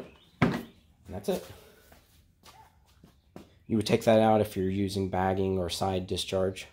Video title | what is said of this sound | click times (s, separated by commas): Ryobi 40 Volt Self Propelled Lawn Mower - BEWARE - WATCH BEFORE BUYING! | kind of locks into place that's | 0.4 s